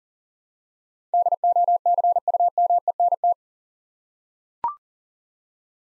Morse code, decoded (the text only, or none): DOCUMENT